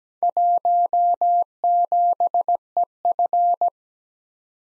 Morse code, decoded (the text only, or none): 17EF